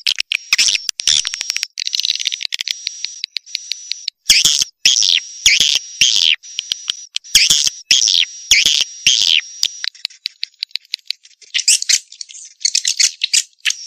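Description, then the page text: Swiftlet calls, many loud rasping bursts broken by short pauses, with a steady high tone running through much of it. Swiftlet sounds used as a lure to attract swiftlets. "Suara Burung Walet Asli Untuk Pancingan"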